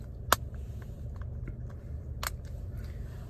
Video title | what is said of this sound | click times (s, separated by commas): Replacing car key battery | you get the click sound so okay this is how you go and see the battery inside okay | 0.3 s, 2.3 s